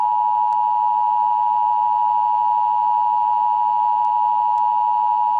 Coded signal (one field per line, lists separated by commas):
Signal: Emergency Alert System (SAME) tones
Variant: 853 and 960 Hz attention tone